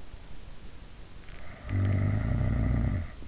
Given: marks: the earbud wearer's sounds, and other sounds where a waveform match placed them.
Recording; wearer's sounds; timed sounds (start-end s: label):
sounds in sleep by an in-ear microphone; snoring breath
1.30-3.13 s: snoring breath